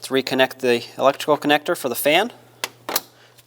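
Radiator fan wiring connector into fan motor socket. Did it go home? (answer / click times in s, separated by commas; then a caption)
yes / 2.6 s. Someone talks, then the radiator cooling fan's electrical wiring connector on a 2014-2021 Mazda 6 is pushed back into the fan motor's plastic socket during a radiator replacement. It clicks in at 2.6 s, followed by a few quieter knocks, and the connector is seated.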